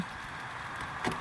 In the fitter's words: snaps right off